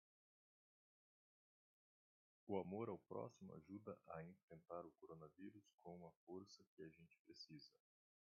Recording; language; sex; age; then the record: spoken sentence; Brazilian Portuguese; male; 40 to 49 years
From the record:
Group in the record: control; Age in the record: 40 years